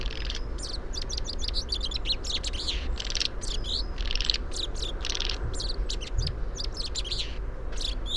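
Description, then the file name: Common chaffinch calls: dense, rapid series of short high chirps and twitters over a steady low rumble. "Fringilla coelebs"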